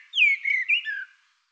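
Bird singing one brief whistled phrase of slurred notes that fall and rise, about one second long, against a silent background.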